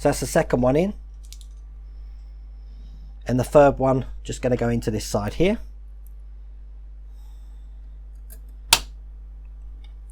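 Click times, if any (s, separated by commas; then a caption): 8.7 s. Someone talks while fitting the third part into the side of the assembled head sections of an Agora Models 1:2 scale Terminator model kit. A sharp, loud click sounds at 8.7 s as everything locks into place, seating the head sections.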